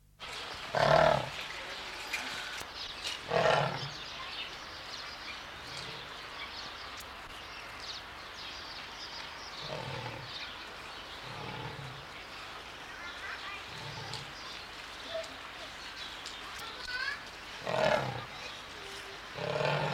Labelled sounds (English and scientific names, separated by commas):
Leopard (Panthera pardus)